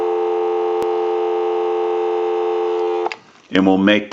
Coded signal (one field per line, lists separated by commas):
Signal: telephone call progress tone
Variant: North America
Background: speech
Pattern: dial tone